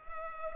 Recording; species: mosquito wingbeat signal from an infrared sensor; Culex pipiens